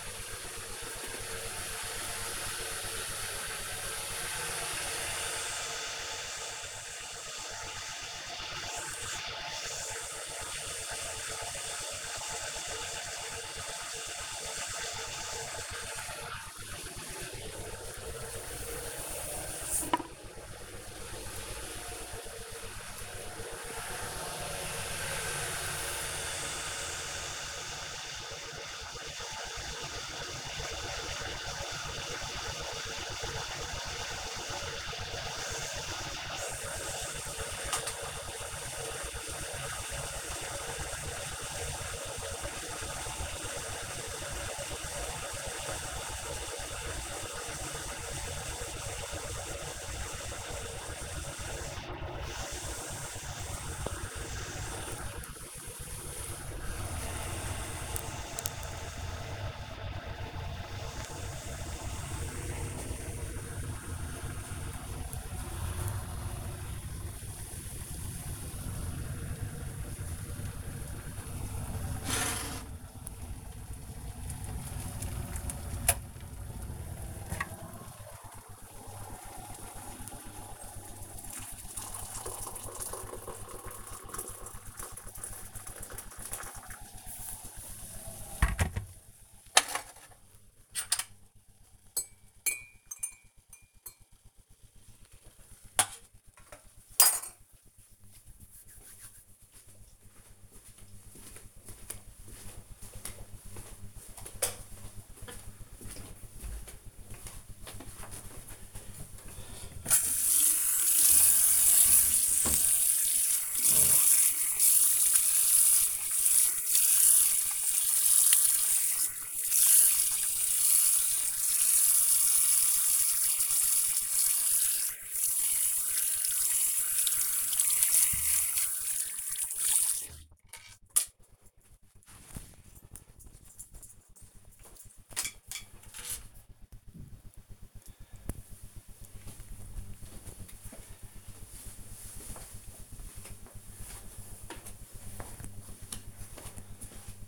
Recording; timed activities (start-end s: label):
household activities, microphone on the right wrist
0.00-90.17 s: making tea
108.29-130.45 s: washing hands